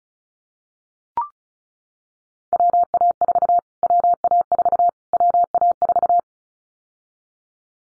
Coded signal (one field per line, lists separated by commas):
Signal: Morse code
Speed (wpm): 34 wpm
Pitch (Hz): 700 Hz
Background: none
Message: WA4 WA4 WA4